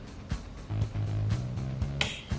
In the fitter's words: kita tekan kebawah Hai sampai the bunyi klik maka spion sudah terpasang dengan sempurna